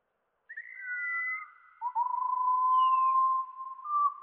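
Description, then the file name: Wallcreeper calls, slowed down: overlapping drawn-out whistles, a high level tone and a gently falling one, followed by a long low steady whistle that rises briefly at the end. "TICHODROME RALENTI"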